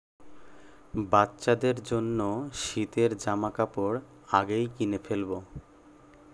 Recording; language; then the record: elicited speech; Bengali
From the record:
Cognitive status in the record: cognitively healthy